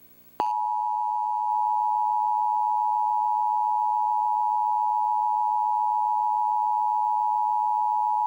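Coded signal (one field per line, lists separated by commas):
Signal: Emergency Alert System (SAME) tones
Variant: 853 and 960 Hz attention tone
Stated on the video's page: Child abduction emergency alert tones captured from broadcasts, including FM radio, at low volume.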